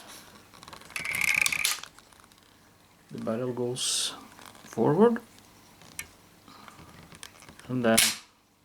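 The barrel assembly of a metal Umarex Marlin BB revolver is slid forward on its frame, producing a burst of metallic ratcheting and clicking with scattered faint ticks later on. Someone talks between the handling sounds. The barrel has not yet been pushed back, so nothing has seated or clicked into place by the end of the clip.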